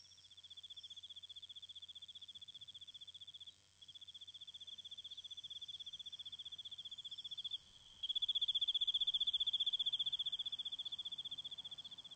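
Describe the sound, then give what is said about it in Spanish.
Crickets chirp steadily at night under the moonlight in a continuous high-pitched trill, briefly dropping out twice before resuming louder, with no voices present. “He puesto una sombrilla bajo la luz de la luna y mientras escucho a los grillos, te escucho a ti también.”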